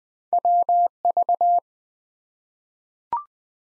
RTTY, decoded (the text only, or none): none